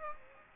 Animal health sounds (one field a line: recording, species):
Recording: mosquito wingbeat signal from an infrared sensor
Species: Aedes aegypti